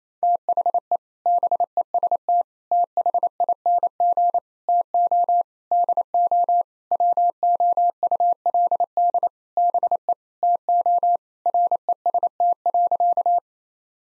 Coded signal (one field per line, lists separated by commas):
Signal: Morse code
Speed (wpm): 28 wpm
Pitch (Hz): 700 Hz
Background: none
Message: THE BEST THING TO DO WOULD BE TO REST.